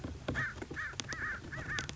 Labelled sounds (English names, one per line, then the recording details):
American Crow
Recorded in Sonoma County, California